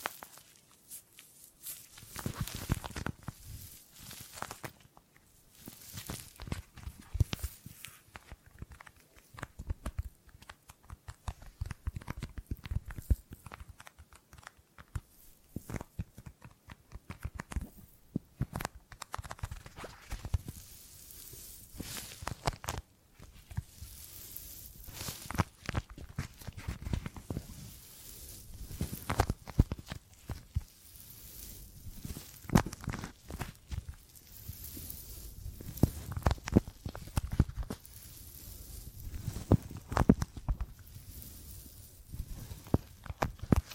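Gripping and grabbing sounds: a continuous run of rustling, scuffing handling noises with frequent short crunchy bursts, some deeper thumps among them. Activity is dense throughout, starting sparse in the first two seconds and growing busier and louder after about twenty-five seconds.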